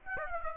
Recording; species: mosquito wingbeat signal from an infrared sensor; Aedes aegypti